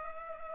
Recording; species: mosquito wingbeat signal from an infrared sensor; Culex pipiens